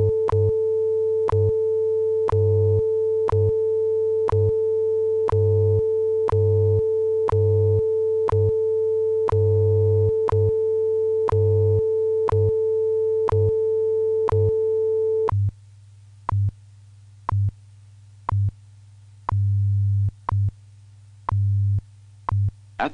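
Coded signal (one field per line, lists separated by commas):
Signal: radio time signal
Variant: WWV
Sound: steady mid-pitched hum-like tone with sharp ticks every second, then ticks alone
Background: radio static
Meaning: Each tick marks one second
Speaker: tone 19 hours two minutes coordinated Universal Time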